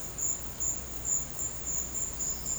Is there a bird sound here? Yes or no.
no